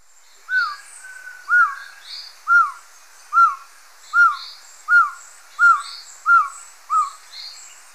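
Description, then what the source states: Masked Trogon giving a steady series of short, hooting arched notes, about nine in eight seconds, each rising then falling, with little else audible. Recorded in Ecuador.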